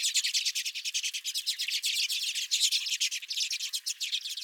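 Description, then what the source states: Redpoll calls, an unbroken rush of rapid dry chips and twitters from several birds, steady and loud throughout. Several redpolls recorded at the recordist's own bird feeder.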